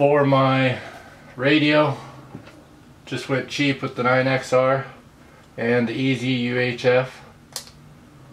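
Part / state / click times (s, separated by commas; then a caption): JR-style RF module into radio transmitter module bay / seated / 7.6 s. Someone talks while a JR-style EzUHF UHF transmitter module is pushed into the module bay on the back of a 9XR hobby radio transmitter. One sharp plastic click is heard at 7.6 s as the module seats fully, with no problems.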